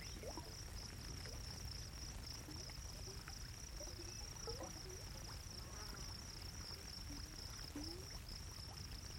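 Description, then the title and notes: Cricket: continuous shrill chirping of crickets, evenly pulsed, above a soft bed of bubbling, gurgling water. Crickets around a bubbling geothermal pool in a sagebrush desert in the evening; still and peaceful. "Gently bubbling hot pool with thunder. A bubbling geothermal pool in the middle of a sagebrush desert surrounded by crickets. the crickets are a classic evening sound. Part of the Music for Sleep project"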